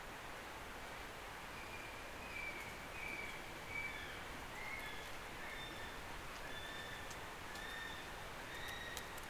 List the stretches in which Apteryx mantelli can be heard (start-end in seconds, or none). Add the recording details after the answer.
0.71-9.29. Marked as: faintness 2/5. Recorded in New Zealand on 16 November 2013. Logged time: 21:44. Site BS16